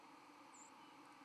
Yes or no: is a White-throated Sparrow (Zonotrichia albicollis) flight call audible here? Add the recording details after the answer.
yes. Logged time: 07:37 on 31 October 2014